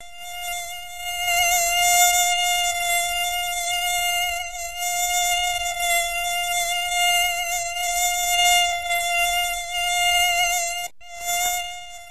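Mosquito buzz: a steady, high-pitched whine with rich overtones that wavers slightly in loudness, cuts out briefly near the end, then resumes.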